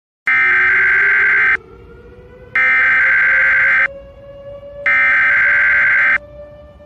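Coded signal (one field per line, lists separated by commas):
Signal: Emergency Alert System (SAME) tones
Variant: header bursts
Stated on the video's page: Fictional EAS scenario.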